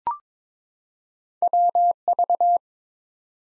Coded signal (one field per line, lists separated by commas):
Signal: Morse code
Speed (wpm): 22 wpm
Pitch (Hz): 700 Hz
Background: none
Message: WV